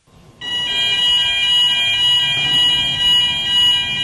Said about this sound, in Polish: Ten charakterystyczny dźwięk to zjeżdżająca kurtyna. Odgradza widownię od sceny.